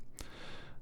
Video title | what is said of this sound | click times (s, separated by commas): DDPai M4 Dashcam Review | the strong magnets just click it into place so now quite strong magnets you take some pretty big | 0.2 s